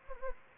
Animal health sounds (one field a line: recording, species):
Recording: mosquito wingbeat signal from an infrared sensor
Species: Anopheles gambiae